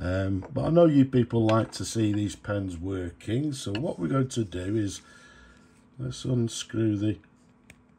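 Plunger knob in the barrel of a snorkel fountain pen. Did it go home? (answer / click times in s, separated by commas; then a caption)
released / 7.7 s. Someone talks while unscrewing the plunger knob in the barrel of a restored Sheaffer Statesman Snorkel fountain pen, fitted with a new sack, seals and O-ring. After a short quiet stretch, the knob gives a small sharp click at 7.7 s as it releases, freeing the filling mechanism.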